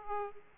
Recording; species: mosquito wingbeat signal from an infrared sensor; Aedes aegypti